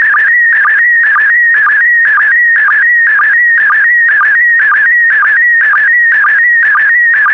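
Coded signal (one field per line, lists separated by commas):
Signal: SSTV (slow-scan television)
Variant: PD120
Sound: steady warbling tone with short low sync chirps roughly twice per second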